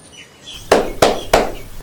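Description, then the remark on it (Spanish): Three loud, evenly spaced hammer blows ring out on metal at a blacksmith's forge, each strike sharp and bright with a short metallic ring, over a faint background hum. “Y así, caminando y pensando, llegó a la puerta de la herrería.”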